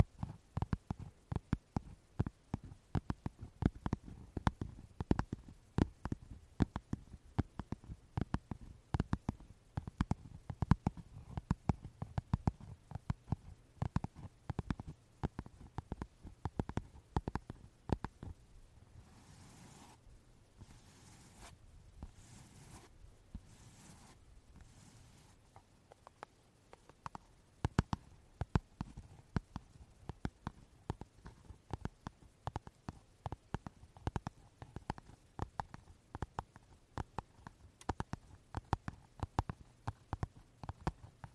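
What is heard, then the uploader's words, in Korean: Card wallet sounds: dense, rapid clicks and taps of cards and leather handled, pausing around twenty seconds with a few brief rustles before resuming. 카드 지갑 소리 card wallet sounds. 빈폴, 헤지스 카드 지갑.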